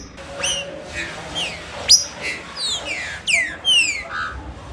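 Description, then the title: Green-winged Saltator singing a rapid string of falling whistled slurs mixed with sharp high upward notes, delivered almost without pause. "Trinca Ferro"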